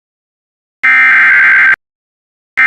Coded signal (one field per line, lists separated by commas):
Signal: Emergency Alert System (SAME) tones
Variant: header bursts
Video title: A Short Roar Of Action: EAS Alerts From 6/2/25 #COWX #WJON #KJY84